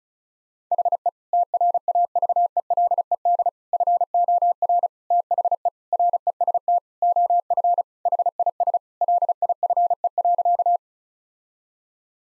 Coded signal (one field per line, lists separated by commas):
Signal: Morse code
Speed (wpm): 34 wpm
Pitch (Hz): 700 Hz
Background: none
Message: HE TRAVELED FOR THE REST OF HIS LIFE.